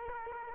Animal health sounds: mosquito wingbeat signal from an infrared sensor; Aedes aegypti

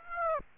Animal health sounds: mosquito wingbeat signal from an infrared sensor; Aedes aegypti

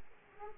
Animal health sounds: mosquito wingbeat signal from an infrared sensor; Aedes aegypti

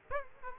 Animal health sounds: mosquito wingbeat signal from an infrared sensor; Aedes aegypti

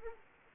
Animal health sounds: mosquito wingbeat signal from an infrared sensor; Aedes aegypti

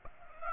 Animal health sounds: mosquito wingbeat signal from an infrared sensor; Aedes aegypti

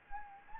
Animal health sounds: mosquito wingbeat signal from an infrared sensor; Anopheles gambiae

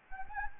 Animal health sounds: mosquito wingbeat signal from an infrared sensor; Anopheles gambiae

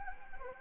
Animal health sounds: mosquito wingbeat signal from an infrared sensor; Anopheles gambiae

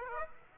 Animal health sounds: mosquito wingbeat signal from an infrared sensor; Aedes aegypti

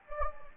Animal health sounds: mosquito wingbeat signal from an infrared sensor; Anopheles gambiae

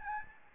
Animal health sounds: mosquito wingbeat signal from an infrared sensor; Aedes albopictus

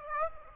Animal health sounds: mosquito wingbeat signal from an infrared sensor; Aedes aegypti

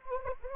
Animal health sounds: mosquito wingbeat signal from an infrared sensor; Anopheles gambiae

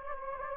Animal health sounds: mosquito wingbeat signal from an infrared sensor; Anopheles gambiae

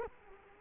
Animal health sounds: mosquito wingbeat signal from an infrared sensor; Culex quinquefasciatus

